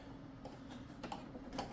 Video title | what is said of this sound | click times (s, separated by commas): Coway AP-1512HH Mighty Air Purifier: What it Catches and How to Replace the Filters | you can hear that snap. | 1.0 s, 1.1 s, 1.6 s